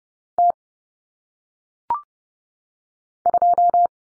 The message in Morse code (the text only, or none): T2